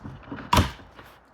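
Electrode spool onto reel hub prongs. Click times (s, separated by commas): 0.5 s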